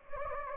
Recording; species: mosquito wingbeat signal from an infrared sensor; Anopheles gambiae